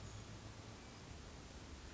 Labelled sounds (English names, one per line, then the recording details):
Hermit Thrush
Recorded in Sonoma County, California